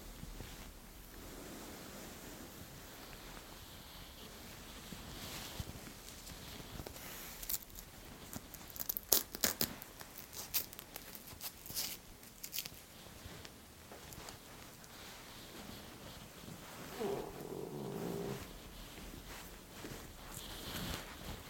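Scissors and fabric rustling during a trimming and massage session. A soft, steady rustle runs throughout, with a cluster of sharp, quick snips and clicks between about 7 and 12 seconds. Later the sound settles into gentler brushing and rubbing, swelling slightly near 17 seconds.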